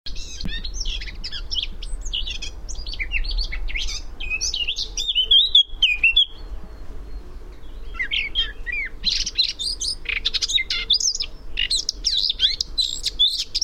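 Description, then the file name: Eurasian blackcap song: dense scratchy warbling, a clear wavering whistled phrase midway, then renewed fast twittering and high notes, over a steady low rumble. "Sylvia atricapilla"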